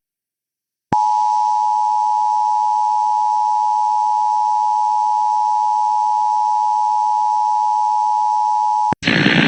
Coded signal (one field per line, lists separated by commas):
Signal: Emergency Alert System (SAME) tones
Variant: 853 and 960 Hz attention tone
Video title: 2nd AMBER Alert in ONE DAY! (Spectrum TV EAS Relay on TWC CH42)